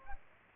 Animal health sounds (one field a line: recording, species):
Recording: mosquito wingbeat signal from an infrared sensor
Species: Aedes aegypti